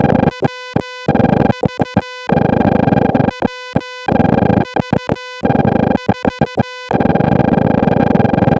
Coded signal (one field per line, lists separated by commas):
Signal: Morse code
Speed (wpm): 14 wpm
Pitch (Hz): 2000 Hz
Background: music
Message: W V W V 4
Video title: KH-1 Intro, KHLog1 Tray Pages, and Impromptu CW